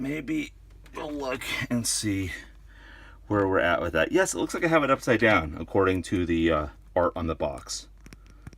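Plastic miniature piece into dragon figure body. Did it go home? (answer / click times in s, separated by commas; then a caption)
no / none. Someone talks while handling a pre-painted plastic miniature piece, likely a wing or horn of a Young Blue Dragon figure from Nolzur's Marvelous Miniatures, turning it the right way up to match the picture on the box before pressing it into its socket in the dragon's body. A few faint ticks are heard near 8.1 s and 8.5 s as the piece is handled. The clip ends before the piece goes in, so nothing has seated yet.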